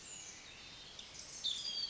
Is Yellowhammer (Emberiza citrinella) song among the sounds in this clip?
no